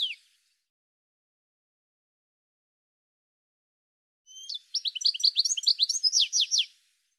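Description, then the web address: Bird: a single high note at the start, a long silence, then a rapid high-pitched run of sharp chattering notes lasting over two seconds. "cianscape birddata Deverinetal 2025 File cleaned normalized Bird"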